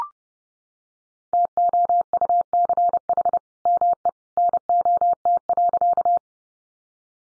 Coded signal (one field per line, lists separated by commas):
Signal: Morse code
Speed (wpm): 30 wpm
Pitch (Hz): 700 Hz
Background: none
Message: TOUCH ME NOT.